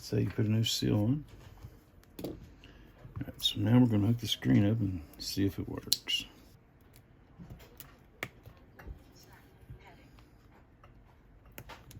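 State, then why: Seated. A new screen's display flex cable connector is pressed onto the logic board socket of an iPhone XS Max while someone talks. Sharp clicks at 8.2 s and 11.6 s mark the connector snapping into place, and it is seated.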